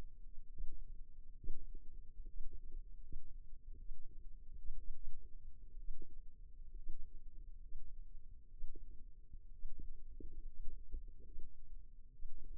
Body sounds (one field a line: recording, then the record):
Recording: forearm muscle sounds (acoustic myography)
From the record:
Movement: rest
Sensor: system 2, bracelet of six BSWA MPA416 microphones around the upper forearm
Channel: 2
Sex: female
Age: 22 years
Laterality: right